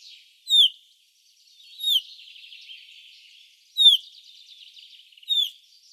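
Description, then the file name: Common chaffinch, four crisp falling 'pink' call notes roughly every second or two, with faint twittering birds behind. "Fringilla coelebs"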